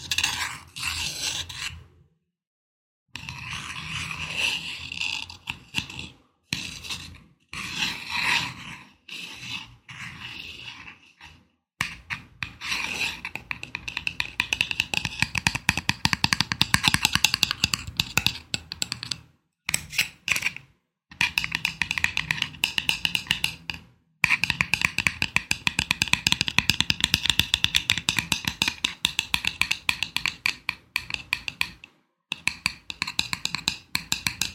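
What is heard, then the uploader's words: A candle cap scratches in bursts of rough, gritty strokes, rapid and dense, with a bright rasping edge. Short silent breaks fall near 2, 6, 11, 20, 24 and 32 seconds, and the scraping grows louder and more continuous through the middle and end. Candle cap scratching.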